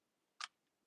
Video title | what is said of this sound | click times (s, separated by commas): 💜 Deep Cleaning Dyson cordless vacuum in less than 30 minutes - No cuts or edits - Simple & Easy | twist until you hear click | 0.4 s